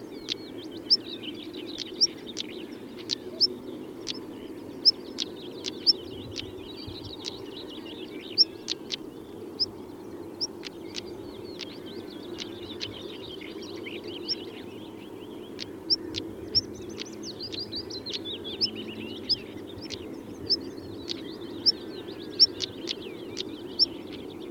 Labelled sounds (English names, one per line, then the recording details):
European Stonechat alarm call
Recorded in the wild
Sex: male
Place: Wierden, Overijssel, NL
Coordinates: 52.358, 6.594
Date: 1990-05-18 06:09
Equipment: Nagra III BH, Sennheiser MD 21, parabola
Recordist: Schubert, Michael